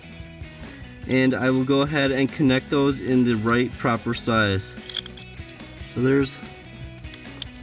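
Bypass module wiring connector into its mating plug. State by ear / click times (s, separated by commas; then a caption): seated / 7.4 s. The first, smaller wiring connector of a PCM bypass module, from a Diablosport inTune i3 Platinum tuner and PCM swap kit on a 2019-2021 RAM, is pushed into its plastic mating socket while someone talks. After a few quieter handling noises, a sharp click sounds at 7.4 s as the connector latches and seats.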